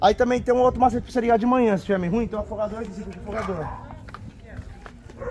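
Someone talks while a hand handles the choke lever on a motorcycle carburetor, meant to be pulled into its position for cold starting, and a few short faint ticks follow near the end. The clip ends before the lever goes home; nothing has clicked into place yet.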